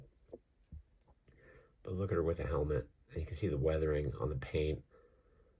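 The plastic helmet of a 3.75-inch action figure is pushed onto its head peg and seats with a small, sharp pop at 0.3 s. A fainter tick follows at 1.3 s, then someone talks from about 1.9 s to the end.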